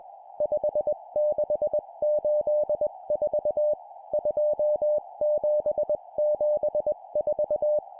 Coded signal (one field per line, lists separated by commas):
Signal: Morse code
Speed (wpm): 20 wpm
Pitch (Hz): 600 Hz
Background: music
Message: 5684 2774